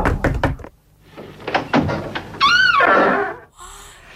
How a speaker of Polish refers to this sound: No i stało się. Stare, skrzypiące drzwi otwierają się, ponieważ za tymi drzwiami stoi ktoś, kto żył ponad 200 lat temu.